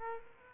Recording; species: mosquito wingbeat signal from an infrared sensor; Aedes aegypti